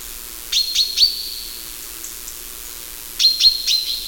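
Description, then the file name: Common chaffinch calls: two quick bursts of three sharp notes, each burst ending in a ringing high tone, separated by a short pause. "Fringilla coelebs"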